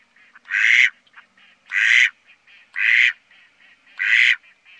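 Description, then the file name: Mallard quacks, four loud, harsh quacks about a second apart, with softer, shorter quacks between them. "Grasand"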